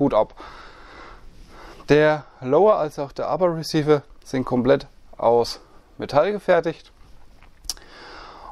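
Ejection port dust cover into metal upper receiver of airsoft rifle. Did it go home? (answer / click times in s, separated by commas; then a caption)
yes / 7.7 s. Someone talks for most of the clip about an ICS Transform 4 UK1 S-AEG airsoft rifle whose lower and upper receivers are made entirely of metal. At 7.7 s, the rifle's metal ejection port dust cover is closed onto the metal upper receiver and latches with a sharp snap. It seats cleanly and opens cleanly again when the charging handle is worked.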